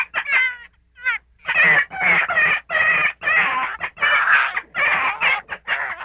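Gray fox producing rough, screechy yowls in quick bursts, noisy and harmonic, after a couple of short thin notes at the start.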